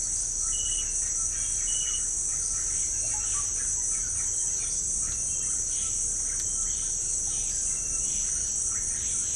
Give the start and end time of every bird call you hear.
2.67s-4.26s: Russet-backed Oropendola (Psarocolius angustifrons) (0.5-3.6 kHz)

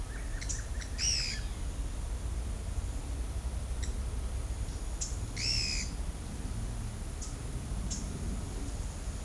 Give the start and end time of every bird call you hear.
0.00s-1.45s: Black-crested Antshrike (Sakesphorus canadensis) (1.1-1.9 kHz)
0.38s-1.38s: Pale-eyed Pygmy Tyrant (Atalotriccus pilaris) (1.6-11.6 kHz)
3.79s-3.88s: Pale-eyed Pygmy Tyrant (Atalotriccus pilaris) (1.4-8.3 kHz)
4.99s-5.87s: Pale-eyed Pygmy Tyrant (Atalotriccus pilaris) (1.2-11.4 kHz)
7.21s-8.00s: Pale-eyed Pygmy Tyrant (Atalotriccus pilaris) (2.1-9.4 kHz)

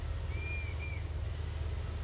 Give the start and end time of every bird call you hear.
0.24s-1.07s: Yellow-crowned Tyrannulet (Tyrannulus elatus) (1.1-5.8 kHz)

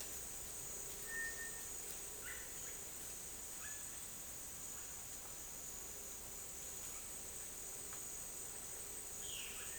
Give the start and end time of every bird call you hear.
1.08s-1.73s: Cinereous Tinamou (Crypturellus cinereus) (1.2-2.2 kHz)

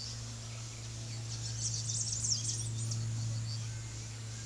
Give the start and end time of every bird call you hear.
1.24s-2.97s: Bananaquit (Coereba flaveola) (2.6-10.1 kHz)

